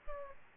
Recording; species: mosquito wingbeat signal from an infrared sensor; Aedes albopictus